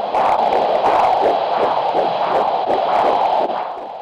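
A steady whooshing, swishing pulse repeats quickly, at roughly 150 beats a minute, over a constant hum. This is the prenatal heartbeat of a female fetus at 14 weeks of pregnancy, with the fast rate typical of a fetal heart.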